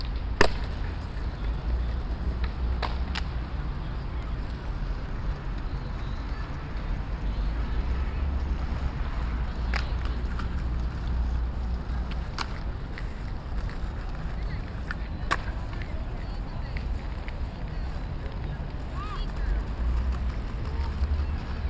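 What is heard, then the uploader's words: Distant traffic keeps up a steady low rumble across an open square. Sharp clicks and knocks from skates and a skateboard land irregularly every few seconds, a few of them crisp, while faint voices murmur in the background. Cathedral Square Vilnius Lithuania. Distant traffic, a skateboard and a small kid ‘walking’ withs skates.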